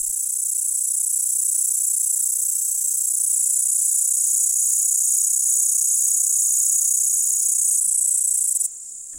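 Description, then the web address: Upland green bush-cricket song: an unbroken, very high, sizzling buzz that runs steadily for over eight seconds, then drops sharply in loudness. "Tajemnice puszczy Pasikonik spiewajcy"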